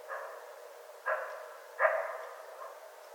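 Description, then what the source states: Coyote barks: a faint first bark, then two louder harsh barks spaced under a second apart, against a quiet background. Several coyotes, recorded 25 January 2013.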